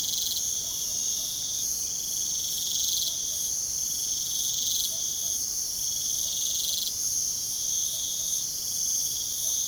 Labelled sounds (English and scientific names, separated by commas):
none